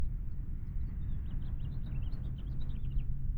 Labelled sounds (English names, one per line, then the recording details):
House Finch song
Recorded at Wantagh on Long Island, New York, on 21 May 1975
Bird G